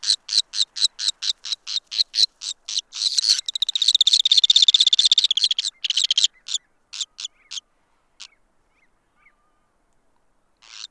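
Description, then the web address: White-bellied cinclodes giving sharp, harsh calls about four times a second. They run into a dense, rattling trill for about three seconds, then slow to scattered notes and a silence, with one more call starting at the very end. "White bellied cinclodes. صدای-پرنده-آب-جوی-شکم-سفید"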